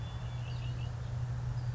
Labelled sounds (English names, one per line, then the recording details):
Red-winged Blackbird
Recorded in Sonoma County, California